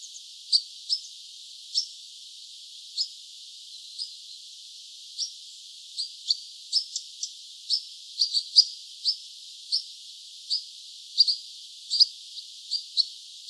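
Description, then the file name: European pied flycatcher giving short, sharp high-pitched call notes, irregularly spaced and sometimes in quick pairs or clusters, over faint background hiss. Recorded 26 August 2013. "26 08 2013 Trauerschnaepper"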